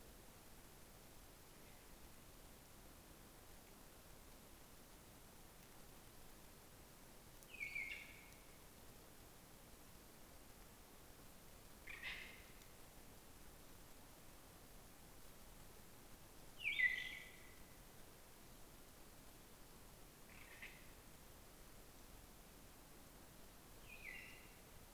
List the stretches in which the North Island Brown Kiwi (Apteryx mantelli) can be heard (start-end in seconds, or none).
none